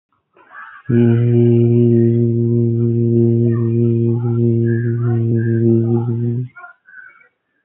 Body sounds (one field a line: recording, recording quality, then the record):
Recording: sustained vowel as in beet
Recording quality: moderate, slight background noise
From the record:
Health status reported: healthy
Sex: male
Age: 25 years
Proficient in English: yes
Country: India